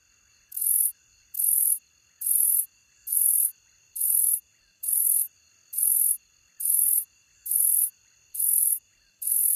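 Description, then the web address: Robust shieldback singing buzzy hissing bursts, each under half a second, repeated steadily a little more than once per second. North America. "Songs of Insects 59-Robust Shieldback"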